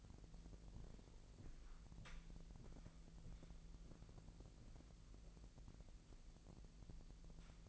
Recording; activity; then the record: daily activity, microphone in the room; walk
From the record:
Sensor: 5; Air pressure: 1002.2 hPa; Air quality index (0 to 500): 236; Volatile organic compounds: 25 ppm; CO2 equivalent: 2838 ppm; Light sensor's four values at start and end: 30/72/30/32 and 30/72/30/33